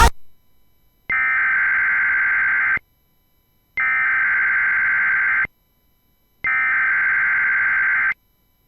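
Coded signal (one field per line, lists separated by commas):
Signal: Emergency Alert System (SAME) tones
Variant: header bursts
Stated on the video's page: Emergency Alert System alerts.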